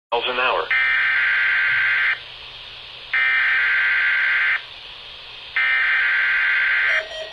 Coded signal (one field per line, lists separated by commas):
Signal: Emergency Alert System (SAME) tones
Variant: header bursts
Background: speech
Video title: KZZ-49 Maysville, KY Required Weekly Test (EAS #38) (6/24/16)